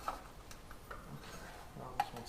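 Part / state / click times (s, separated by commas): windshield trim molding retaining clip on car body / seated / 2.0 s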